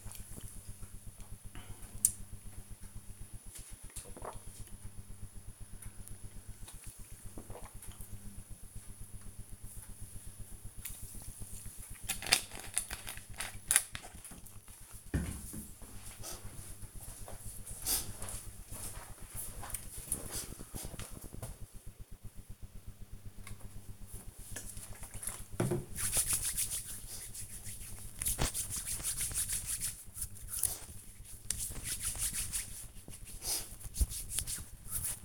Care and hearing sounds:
household activities, microphone on the right wrist
23.17-35.25 s: disinfecting hands

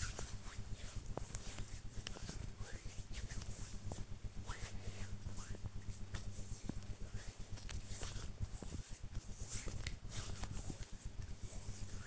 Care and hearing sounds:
household activities, microphone on the right wrist
0.00-12.07 s: cream hands

